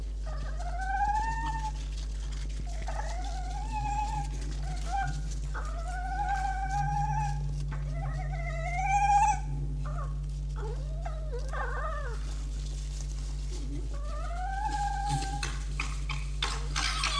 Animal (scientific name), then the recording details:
Vulpes vulpes. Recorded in captivity. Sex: male. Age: adult. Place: Zoologisches Institut der HUB, Berlin, DE. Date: 1956-02-10 20:00. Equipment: Elmetra. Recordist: Tembrock, Günter